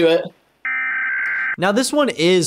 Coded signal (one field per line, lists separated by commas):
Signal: Emergency Alert System (SAME) tones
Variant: header bursts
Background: speech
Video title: Which Country Has The Best Emergency Alert? w/ Hivemind Riley